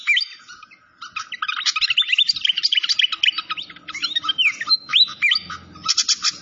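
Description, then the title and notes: Malaysian pied fantail song, a busy run of sweet whistled slurs and fast chirps, with several clear rising notes late in the phrase and a soft low hum beneath. Masteran (training recording) of clear-voiced song mixed with the sound of trickling water. "Masteran Sikatan Kipas Suara Jernih Dan Suara Gemericik Air. Suara Burung Sikatan Londo"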